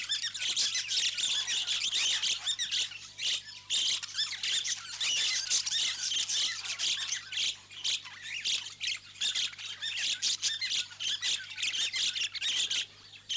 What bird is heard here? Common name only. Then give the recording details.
Budgerigar. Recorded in captivity. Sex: group. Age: adult. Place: Vogelpark Niendorf, Schleswig-Holstein, DE. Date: 2006-09-28 12:30. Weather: sonnig, 24°C. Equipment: Grundig CR 110, Sennheiser ME 80, Kopie Uher 4000 Report Monitor. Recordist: Tembrock, Günter